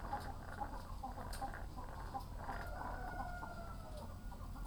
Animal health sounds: poultry house recording; sick chickens (respiratory disease)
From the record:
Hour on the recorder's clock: 0

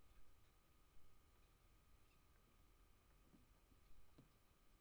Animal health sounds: poultry house recording; no chicken sound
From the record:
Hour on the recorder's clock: 22

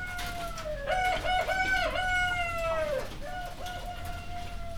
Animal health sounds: poultry house recording; healthy chickens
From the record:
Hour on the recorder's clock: 1

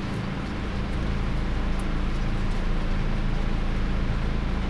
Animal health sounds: poultry house recording; no chicken sound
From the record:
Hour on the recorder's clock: 21

